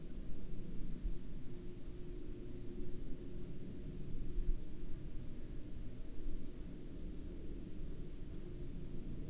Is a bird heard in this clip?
no